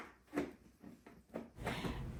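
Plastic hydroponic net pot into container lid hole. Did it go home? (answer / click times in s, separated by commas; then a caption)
no / none. Plastic hydroponic net pots (baskets) are fitted into the holes of a container lid, making a few short, soft knocks and scrapes with a longer rustle at the end. The pots are too small to snap on and only sit fairly nicely in the holes, so nothing has seated or clicked yet.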